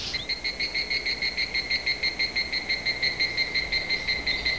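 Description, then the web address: Kajika frog calling, a long even series of clear whistled pulses at a steady pitch over background noise. "junglecamp kajika"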